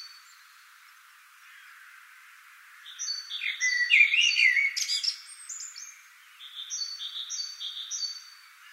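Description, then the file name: Common blackbird singing one rich warbled phrase with a squeaky high ending, after a quiet start; another bird keeps repeating short high notes in the background. "Turdus merula"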